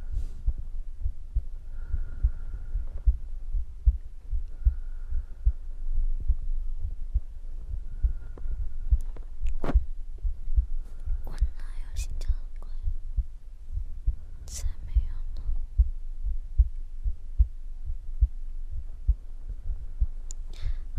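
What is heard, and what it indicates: A woman's normal heartbeat heard at the chest, as if the listener's head were resting on her chest. Whispering is heard in the later part.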